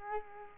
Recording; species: mosquito wingbeat signal from an infrared sensor; Culex quinquefasciatus